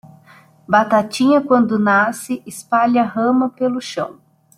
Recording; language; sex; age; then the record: short text; Brazilian Portuguese; female; 30 to 39 years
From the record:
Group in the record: control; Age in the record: 37 years